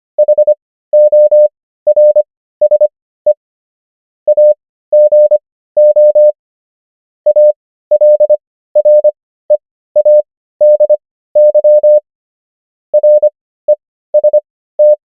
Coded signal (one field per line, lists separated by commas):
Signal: Morse code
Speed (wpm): 25 wpm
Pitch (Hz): 600 Hz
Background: none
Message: HORSE AGO ALREADY REST